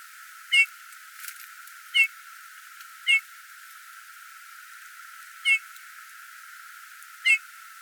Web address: geluid Goudvink